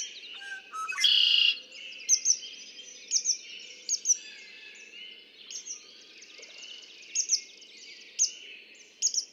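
Red-winged blackbird song: a rough, buzzy trill near the start, then steady paired high whistled chips keep going.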